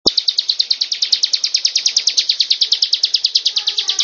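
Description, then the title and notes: Bird song: a fast, steady series of high, sharp chirped notes, running unbroken throughout. "Kicau Burung Lengkap"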